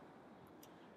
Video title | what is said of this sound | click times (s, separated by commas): vlog #11 The one about John Glenn | cable end times around to security and click into place and | 0.6 s